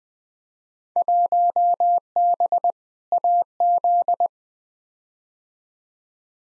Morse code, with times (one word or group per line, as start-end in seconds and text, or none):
1.0-2.7 1B
3.1-4.3 AZ